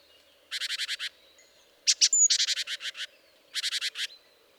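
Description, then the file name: Great tit scolding calls: three short bursts of rapid, harsh, rasping notes, several notes each, with a brief thin whistle early in the second burst; otherwise quiet. "Parus major"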